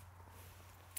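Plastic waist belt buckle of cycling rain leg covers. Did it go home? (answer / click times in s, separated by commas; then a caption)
yes / 1.0 s. A plastic waist belt buckle on rain leg covers for cycling is guided around the hip and clicked shut. A steady low hum and faint rustling fill the clip until a sharp, brief click at 1.0 s as the buckle seats.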